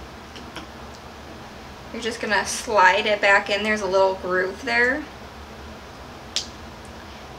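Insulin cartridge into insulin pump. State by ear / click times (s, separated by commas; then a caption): seated / 6.4 s. A filled insulin cartridge is slid back into a T-Slim insulin pump body along its groove and pushed home. Someone talks from about 2 to 5 seconds, then after a quiet pause a single sharp snap is heard at 6.4 seconds as the cartridge seats in the pump.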